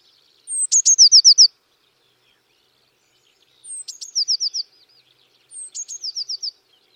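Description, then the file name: Eurasian blue tit giving a sharp high note followed by a brief ringing trill, repeated three times, the later phrases softer. "Cyanistes caeruleus"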